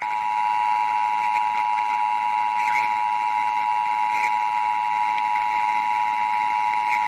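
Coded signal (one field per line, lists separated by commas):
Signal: Emergency Alert System (SAME) tones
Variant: 853 and 960 Hz attention tone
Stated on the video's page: Fictional EAS scenario.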